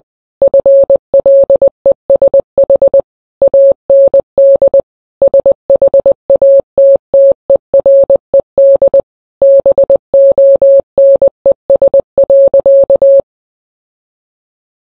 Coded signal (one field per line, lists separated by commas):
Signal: Morse code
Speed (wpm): 20 wpm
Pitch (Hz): 550 Hz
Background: none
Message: FLESH AND SHATTERED BONES.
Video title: morse code message from high command